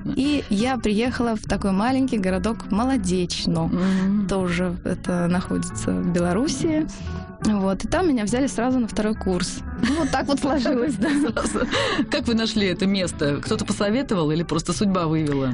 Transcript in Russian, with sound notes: И я приехала в такой маленький городок Молодечно - тоже это находится в Белоруссии, и там меня взяли сразу на второй курс. Вот так вот сложилось (все смеются)
Как вы нашли это место? Кто-то посоветовал или просто судьба вывела?